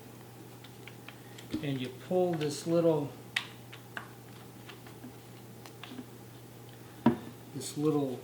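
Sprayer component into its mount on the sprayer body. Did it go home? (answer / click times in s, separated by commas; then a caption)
no / none. A component of a disinfecting sprayer is lined up with its mount on the sprayer body while the small release is pulled, with short light taps and clicks of handling as someone talks. Nothing has seated or snapped into place yet.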